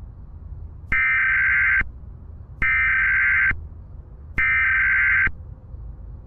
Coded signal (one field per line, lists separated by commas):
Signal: Emergency Alert System (SAME) tones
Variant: header bursts